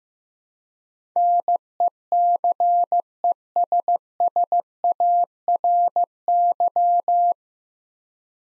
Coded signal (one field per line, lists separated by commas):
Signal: Morse code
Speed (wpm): 15 wpm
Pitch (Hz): 700 Hz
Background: none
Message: NECESSARY